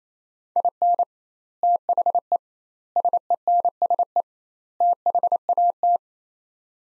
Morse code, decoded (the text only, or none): IN THE SENSE THAT